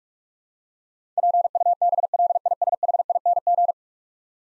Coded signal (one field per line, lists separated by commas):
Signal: Morse code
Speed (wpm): 41 wpm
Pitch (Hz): 700 Hz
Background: none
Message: PUBLISHING